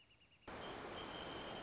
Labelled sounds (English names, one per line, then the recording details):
Wrentit
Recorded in Sonoma County, California